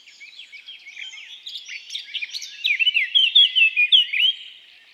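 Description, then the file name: Eurasian blackcap song building from a quiet, scratchy warble into a loud burst of clear, fluting notes before stopping. "Sylvia atricapilla"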